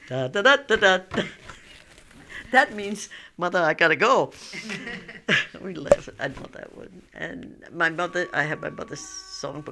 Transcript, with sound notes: "Da, da, da, da, da." That means, "Mother, I gotta go." ( they laugh ) We laughed at that. And my mother, I have my mother's song.